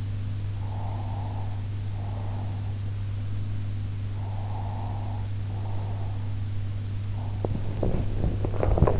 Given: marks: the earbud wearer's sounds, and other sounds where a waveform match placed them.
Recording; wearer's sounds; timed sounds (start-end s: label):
sounds in sleep by an in-ear microphone; breath, teeth grinding
0.54-2.71 s: breath
4.12-6.35 s: breath
7.41-9.00 s: teeth grinding